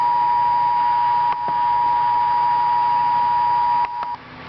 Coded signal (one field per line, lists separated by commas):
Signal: Emergency Alert System (SAME) tones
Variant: 853 and 960 Hz attention tone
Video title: Real EAS #53 - Severe Thunderstorm Warning